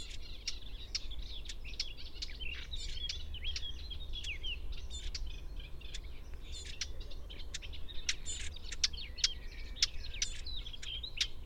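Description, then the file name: Eurasian blackcap with sharp clicks and high twittering, warbling phrases throughout, over a low rumble. "Sylvia atricapilla"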